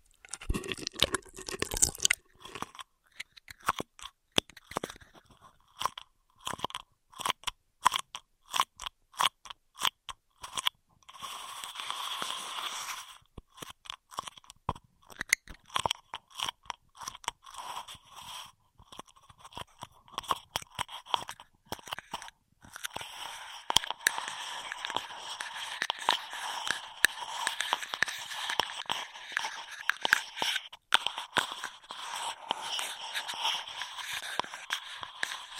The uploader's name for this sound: Intense Straw Triggers